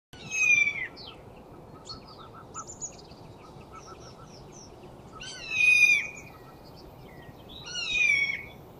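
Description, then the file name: Eurasian jay uttering three harsh, hoarse screeches, with faint softer chattering notes between them over a steady low hiss. "Garrulus glandarius"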